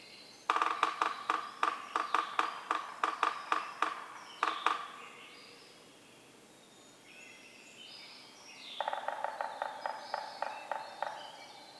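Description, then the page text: Yellow-bellied Sapsucker drumming in two bouts: a loud rapid roll slowing into scattered taps, then, after a pause with faint bird song, a softer drum. Several drummers in a community using various substrates; recorded 6:22–6:50 a.m., starting 15 minutes before sunrise, April 24, 2018, Atlanta, Michigan; stereo recording. "Yellow-bellied sapsucker: My favorite community of drummers, this one recorded beginning 15 minutes before sunrise and continuing well after."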